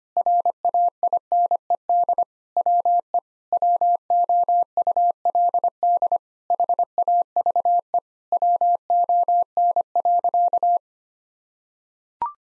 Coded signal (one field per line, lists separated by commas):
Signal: Morse code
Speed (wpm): 25 wpm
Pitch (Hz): 700 Hz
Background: none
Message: RAINED WE WOULD HAVE WON.